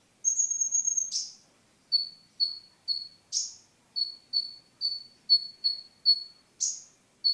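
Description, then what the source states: Sunbird singing: a long high trilled note, then a string of short, even, high-pitched whistles about every half second, broken by a few sharp downslurred chips. Champion singing bird (kicau jawara); local name mountain sunbird (kolibri gunung).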